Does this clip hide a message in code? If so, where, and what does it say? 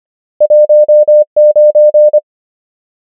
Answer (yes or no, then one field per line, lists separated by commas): yes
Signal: Morse code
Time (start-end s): 0.4-2.2 s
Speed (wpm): 25 wpm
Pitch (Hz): 600 Hz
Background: none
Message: 1 9